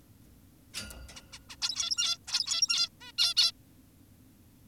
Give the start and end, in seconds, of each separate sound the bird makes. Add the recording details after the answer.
0.74-0.78, 1.16-1.21, 1.32-1.39, 1.50-1.56, 1.62-2.18, 2.28-2.89, 3.01-3.12, 3.18-3.34, 3.37-3.52. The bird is an adult. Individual g17y2U